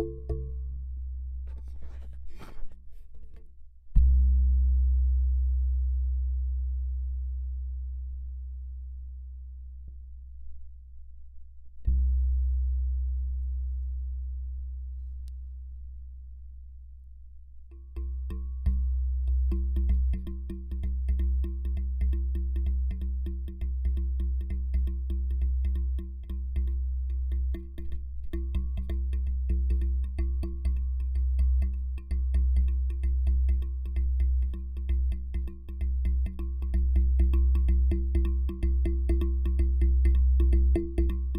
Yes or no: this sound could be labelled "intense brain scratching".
no